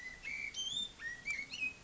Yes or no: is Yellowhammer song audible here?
no